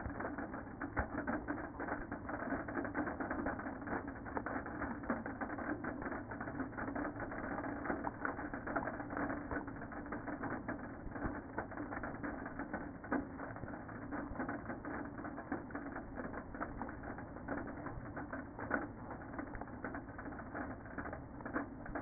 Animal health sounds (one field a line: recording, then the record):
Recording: honeybee colony, microphone inside the hive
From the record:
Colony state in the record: queen present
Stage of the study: after two queens were removed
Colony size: about 60,000 bees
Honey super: yes